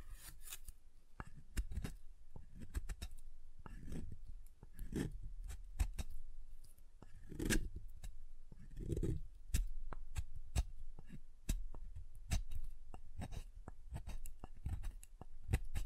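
Soap being tapped and carved, with sharp clicks and taps scattered irregularly through the whole stretch, several each second. Between them come short rough scraping strokes, with heavier dull thuds around the 4, 7.5 and 9 second marks.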